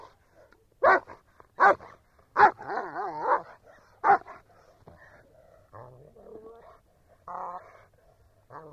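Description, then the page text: German Shepherd dog giving four loud sharp barks, with a whine after the third, then softer whining sounds with pauses between. Shepherd dog barking quietly. "Звук овчарка гавкает. Звук Немецкая овчарка"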